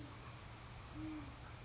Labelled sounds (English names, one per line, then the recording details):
Great Horned Owl
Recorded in Sonoma County, California